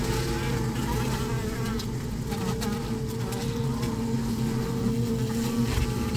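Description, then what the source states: Honey bees buzzing as a dense, steady low hum with a thick drone of many overlapping wingbeats and no pauses. Recorded inside a beehive.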